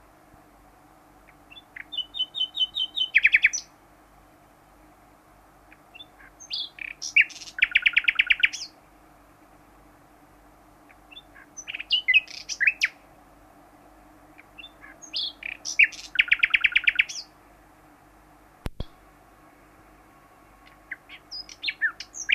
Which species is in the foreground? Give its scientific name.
Luscinia megarhynchos